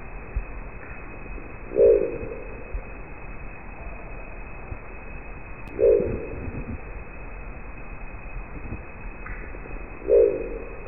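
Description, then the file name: Crested owl giving three low, short hoots at roughly four-second intervals, with continuous background hiss. "canto da coruja de crista"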